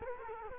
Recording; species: mosquito wingbeat signal from an infrared sensor; Culex quinquefasciatus